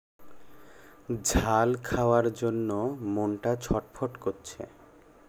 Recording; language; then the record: elicited speech; Bengali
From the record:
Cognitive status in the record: cognitively healthy